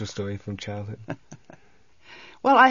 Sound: chuckles

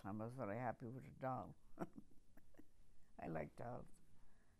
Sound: chuckles

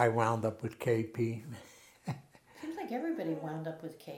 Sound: chuckles

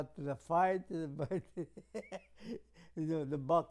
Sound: chuckles

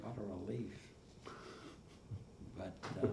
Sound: chuckles

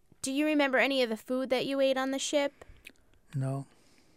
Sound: none

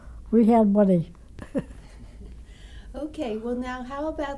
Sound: laughs

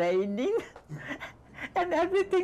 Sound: laughs

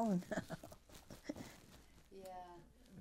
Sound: she laughs

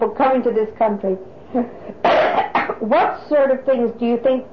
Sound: coughs

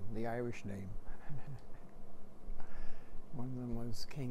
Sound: chuckles

